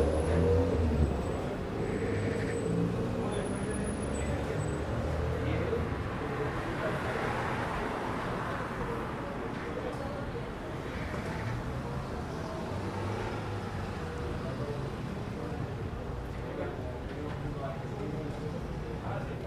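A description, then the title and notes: Hotel lobby ambience with a steady low rumble of road traffic and a murmur of indistinct talking throughout. The level stays fairly even, with a brief swell of voices near the middle and faint high tones flickering early on. Waiting In The Hotel Lobby (Ambient Sounds, Road Noise, Talking). At our hotel in Playa Del Carmen, Mexico waiting in the lobby for check. The hotel lobby is an indoor/outdoor space so you will hear road noise. Spanish Speaking.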